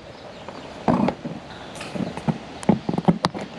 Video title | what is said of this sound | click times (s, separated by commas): Minn kota Terrova vs powerdrive trolling motor with quick release bracket review | I'll show you probably a little bit better snaps into place | 3.2 s